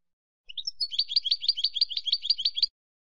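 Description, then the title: European goldfinch song with a few introductory notes, then a fast, even series of buzzy, tinkling notes, ending abruptly. "Jilguero"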